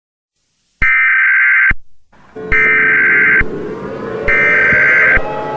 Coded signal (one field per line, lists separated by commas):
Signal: Emergency Alert System (SAME) tones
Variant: header bursts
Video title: EAS Mini Scenario Nibiru